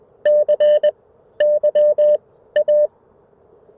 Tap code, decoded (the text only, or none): none